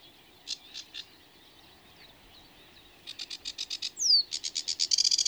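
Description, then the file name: Sedge warbler song fragment: a few separate scratchy notes, a pause, then a quick run of grating churrs with a sharp downslurred whistle and a buzzy trill. "Rietzanger"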